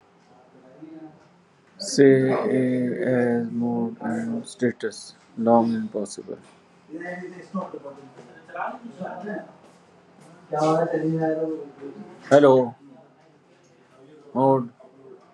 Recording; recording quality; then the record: sustained vowel as in made; poor, much background noise or distortion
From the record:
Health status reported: healthy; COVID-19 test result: not tested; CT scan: not taken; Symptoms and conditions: none ticked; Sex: male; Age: 52 years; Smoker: no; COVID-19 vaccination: both doses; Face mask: worn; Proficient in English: yes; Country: India